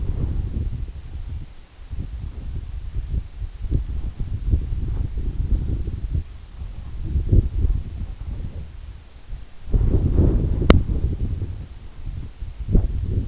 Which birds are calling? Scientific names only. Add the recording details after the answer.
none. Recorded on Arctic tundra, site EABA-1, on 27 June 2018. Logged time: 12:00